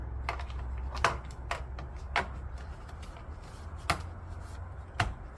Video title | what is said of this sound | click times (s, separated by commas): 2022 Outlander No Cut or splice Trailer Light Wire Harness Complete Install | and now I can snap my cover back on. | 1.0 s, 2.2 s, 3.9 s, 5.0 s